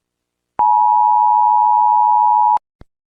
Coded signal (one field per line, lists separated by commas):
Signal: Emergency Alert System (SAME) tones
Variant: 853 and 960 Hz attention tone